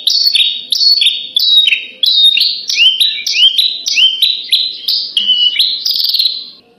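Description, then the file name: Horsfield's bush lark song of clipped whistled phrases, steady and varied, with notes stepping up and down in quick succession throughout. Tutor recording for training birds. "suara masteran branjangan"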